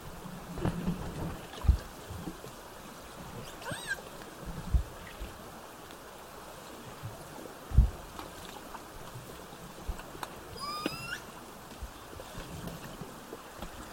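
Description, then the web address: Killer whale calls: two brief upsweeping whistles with harmonics near four and eleven seconds, over constant underwater noise and scattered low knocks. Southern Resident killer whales with a calf, recorded 17 September 2024. "SRKW bouts 240917-1700-OS-L 90 calf"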